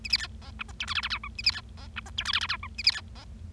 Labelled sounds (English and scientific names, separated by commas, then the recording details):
Bengalese Finch (Lonchura striata domestica) song
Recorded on 25 March 2012 at 11:02
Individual gy6or6